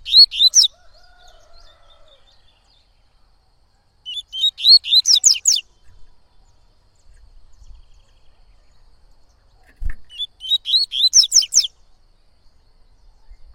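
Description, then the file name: Yellow-bellied seedeater repeating its song three times, the first cut off at the start, each phrase a quick series of whistled upslurred notes with buzzy high endings. "canto de coleiro baiano"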